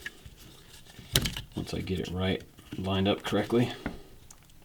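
A flight battery for a XIRO Xplorer Mini selfie drone is slid forward into the drone's battery bay so its two contact teeth line up, with faint handling taps near the start and end while someone talks. Nothing has seated or clicked yet.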